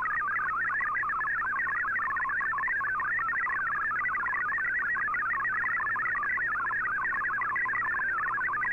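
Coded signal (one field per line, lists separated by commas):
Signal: multi-tone FSK (Olivia or MFSK type)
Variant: MFSK32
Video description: Here is my decode of the Shortwave Radiogram broadcast today on 15770Khz shortwave radio at 1300UTC in MFSK32 and 64 and with 8 SSTV images.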